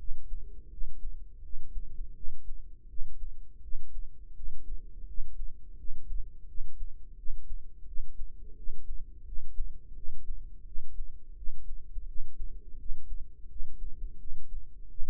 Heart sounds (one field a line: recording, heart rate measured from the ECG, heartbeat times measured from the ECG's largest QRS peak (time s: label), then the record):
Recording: heart sounds by microphone in the right ear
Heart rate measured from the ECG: 85 bpm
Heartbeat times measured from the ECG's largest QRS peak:
0.68 s: heartbeat
1.40 s: heartbeat
2.13 s: heartbeat
2.86 s: heartbeat
3.60 s: heartbeat
4.33 s: heartbeat
5.04 s: heartbeat
5.75 s: heartbeat
6.45 s: heartbeat
7.14 s: heartbeat
7.84 s: heartbeat
8.54 s: heartbeat
9.23 s: heartbeat
9.93 s: heartbeat
10.63 s: heartbeat
11.34 s: heartbeat
12.05 s: heartbeat
12.76 s: heartbeat
13.47 s: heartbeat
14.17 s: heartbeat
14.87 s: heartbeat
From the record:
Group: healthy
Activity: rest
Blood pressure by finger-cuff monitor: 93/56 mmHg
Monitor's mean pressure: 73 mmHg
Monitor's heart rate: 84 bpm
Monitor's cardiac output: 6.5 L/min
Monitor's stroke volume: 77 mL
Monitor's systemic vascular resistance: 800 dyn s/cm5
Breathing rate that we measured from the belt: 15 breaths a minute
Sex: female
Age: 43 years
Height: 160 cm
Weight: 90 kg